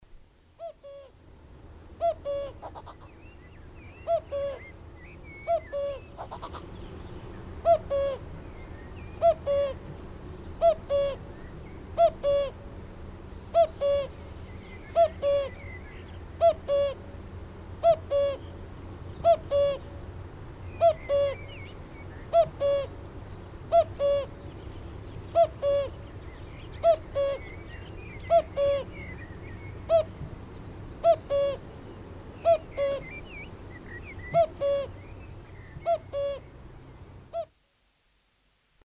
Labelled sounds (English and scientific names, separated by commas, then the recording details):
Common Cuckoo (Cuculus canorus) song, Common Blackbird (Turdus merula), Common Firecrest (Regulus ignicapilla)
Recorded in the wild
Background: Turdus merula, Regulus ignicapilla
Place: Garmisch-Partenkirchen, Bayern, DE
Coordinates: 47.4931, 11.0633
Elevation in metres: 784
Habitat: mountains
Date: 1968-04-19
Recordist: Tretzel, Erwin
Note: Almhütte: Gesang